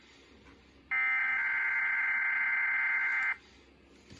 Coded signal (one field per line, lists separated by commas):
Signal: Emergency Alert System (SAME) tones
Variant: header bursts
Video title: EAS 1197-1198 - The WTOP